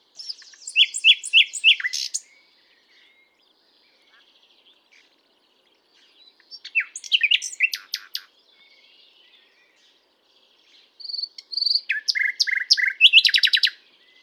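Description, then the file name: Common nightingale song in three bursts separated by pauses, mixing rapid repeated notes, harsh rattles and high whistled phrases. "Luscinia megarhynchos"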